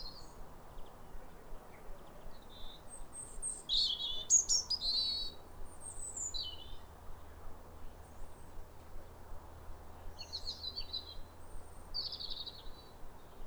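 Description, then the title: European robin singing varied high warbling phrases, a louder sparkling burst early on, then quieter thin notes after several-second pauses. Two robins, a pair in neighbouring gardens, singing wistful alternating phrases like a duet at a clear, calm, rosy New Year sunrise in winter after weeks of rain. "Sound Escape 150: Be uplifted by a chorus of New Year's robins"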